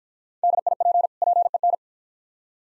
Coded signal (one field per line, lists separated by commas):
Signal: Morse code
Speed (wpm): 52 wpm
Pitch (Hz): 700 Hz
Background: none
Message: DIP PEN